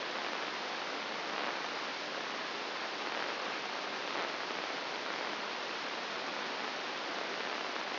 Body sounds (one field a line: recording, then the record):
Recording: brain microelectrode recording played as sound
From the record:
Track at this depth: inside the subthalamic nucleus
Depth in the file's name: 3.702 mm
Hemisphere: left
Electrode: 2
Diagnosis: Parkinson's disease